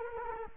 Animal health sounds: mosquito wingbeat signal from an infrared sensor; Culex quinquefasciatus

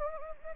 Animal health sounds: mosquito wingbeat signal from an infrared sensor; Anopheles gambiae

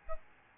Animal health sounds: mosquito wingbeat signal from an infrared sensor; Aedes albopictus

